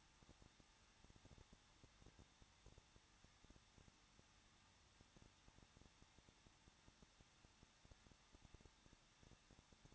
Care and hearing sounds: daily activity, microphone in the room; no activity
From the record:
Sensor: 3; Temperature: 21.2 degrees Celsius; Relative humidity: 36.3%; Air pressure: 1006.3 hPa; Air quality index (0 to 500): 221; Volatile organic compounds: 40 ppm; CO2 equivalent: 3147 ppm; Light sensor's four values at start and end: 2/3/2/2 and 2/3/2/2

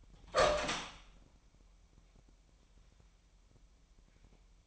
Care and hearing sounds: daily activity, microphone in the room; open door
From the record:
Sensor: 1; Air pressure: 998.4 hPa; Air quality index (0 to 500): 132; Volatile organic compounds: 4 ppm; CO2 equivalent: 1588 ppm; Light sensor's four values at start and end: 18/61/25/25 and 18/61/25/25

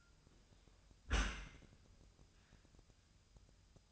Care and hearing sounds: daily activity, microphone in the room; close dishwasher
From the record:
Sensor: 2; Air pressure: 1004.6 hPa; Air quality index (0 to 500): 106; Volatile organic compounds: 2 ppm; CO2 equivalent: 1286 ppm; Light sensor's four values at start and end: 6/15/6/6 and 6/15/6/6

